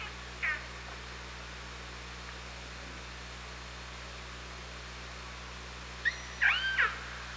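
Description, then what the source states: Orca calls underwater: a short pulsed call near the start, then a louder burst of overlapping whistled and pulsed calls after six seconds, over steady hydrophone hiss and low hum. Hydrophone at OrcaLab, 24 August 2017, 18:46.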